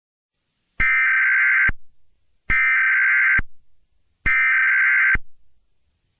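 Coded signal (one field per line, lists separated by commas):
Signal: Emergency Alert System (SAME) tones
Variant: header bursts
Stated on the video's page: Fictional EAS scenario, simulated alert.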